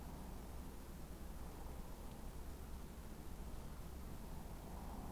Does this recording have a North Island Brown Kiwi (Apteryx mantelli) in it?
no